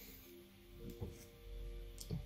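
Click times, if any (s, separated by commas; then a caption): none. A small shoulder armor piece is handled and fitted onto the shoulder of a Saint Seiya Myth Cloth EX Dubhe Siegfried God Warrior of Alpha collectible action figure, with soft plastic taps and rubs near 1.0 s and 2.1 s over a faint steady tonal hum. Nothing has seated or clicked yet; the part is not yet home.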